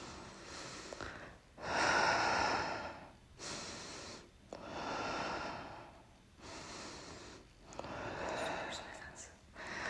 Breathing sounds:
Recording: deep breathing after running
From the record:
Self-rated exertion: moderate exertion (3 of 6)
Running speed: 5 miles an hour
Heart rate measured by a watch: 117 beats a minute at the start, 116 at the end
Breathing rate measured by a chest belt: 20 breaths a minute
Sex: female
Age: 51 years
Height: 160 cm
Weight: 57 kg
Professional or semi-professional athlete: no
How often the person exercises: over 5 times a week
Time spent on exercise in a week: 1 to 2 hours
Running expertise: no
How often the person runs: under once a week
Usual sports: yoga

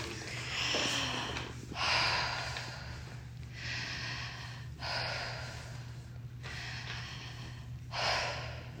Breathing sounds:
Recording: deep breathing after running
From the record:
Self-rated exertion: light exertion (2 of 6)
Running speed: 5 miles an hour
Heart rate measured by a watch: 130 beats a minute at the start, 129 at the end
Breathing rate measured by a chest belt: 13 breaths a minute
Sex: female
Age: 31 years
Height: 167 cm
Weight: 62 kg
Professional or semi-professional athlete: no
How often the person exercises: 3 to 5 times a week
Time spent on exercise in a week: 4 to 5 hours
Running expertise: no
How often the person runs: 3 to 5 times a week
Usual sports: running, cycling, weight training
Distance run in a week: 15 miles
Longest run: 42 km

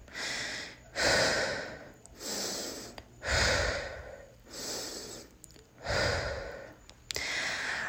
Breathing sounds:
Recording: deep breathing after running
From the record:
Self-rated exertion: moderate exertion (3 of 6)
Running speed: 5 miles an hour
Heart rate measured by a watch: 145 beats a minute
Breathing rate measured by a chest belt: 22 breaths a minute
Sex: female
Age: 18 years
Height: 171 cm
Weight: 75 kg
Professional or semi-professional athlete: no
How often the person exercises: 1 to 2 times a week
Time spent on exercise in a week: under 1 hour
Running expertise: no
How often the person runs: 1 to 2 times a week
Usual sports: running, fencing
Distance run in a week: 3 km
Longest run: 21.3 km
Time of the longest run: 190 minutes

